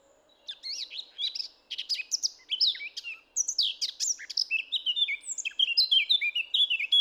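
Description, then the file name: Eurasian blackcap singing a rapid chattering warble that turns into loud, clear fluted notes, ending in repeated descending whistled phrases. "Sylvia atricapilla"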